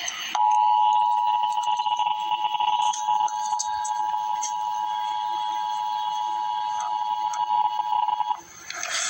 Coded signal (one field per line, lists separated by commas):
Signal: Emergency Alert System (SAME) tones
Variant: 853 and 960 Hz attention tone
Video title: EAS Update - Winter Storm Warning - This Afternoon on Jan 18, 2024